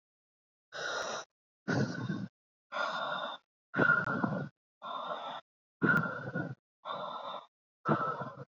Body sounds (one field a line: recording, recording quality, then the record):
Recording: shallow breathing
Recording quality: excellent, no background noise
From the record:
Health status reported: COVID-19 positive, mild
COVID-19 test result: positive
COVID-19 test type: RT-PCR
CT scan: not taken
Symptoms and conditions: cough, cold, sore throat, muscle pain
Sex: male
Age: 28 years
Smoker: yes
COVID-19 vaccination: both doses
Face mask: worn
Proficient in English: yes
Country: India